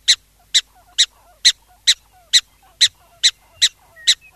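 Black-tailed prairie dog giving sharp, high chirping barks, repeated steadily about twice a second, with faint soft chirps underneath.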